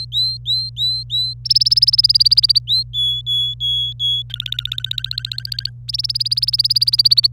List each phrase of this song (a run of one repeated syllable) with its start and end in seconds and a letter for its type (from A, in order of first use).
0.00-1.33 A, 1.45-2.59 B, 2.67-2.83 A, 2.93-4.23 C, 4.30-5.70 D, 5.88-7.27 B